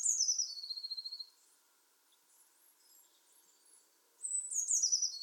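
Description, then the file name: Eurasian blue tit gives a descending high note followed by a rapid buzzy churr, with faint soft notes in the pause before the call repeats near the end. "Cyanistes caeruleus"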